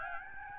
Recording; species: mosquito wingbeat signal from an infrared sensor; Aedes albopictus